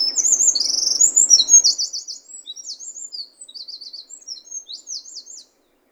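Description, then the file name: Eurasian wren song, a fast run of very high, sharp trills and twitters, loud for two seconds then continuing more softly, with a low hiss during the first two seconds. "Troglodytes troglodytes"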